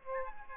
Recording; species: mosquito wingbeat signal from an infrared sensor; Aedes albopictus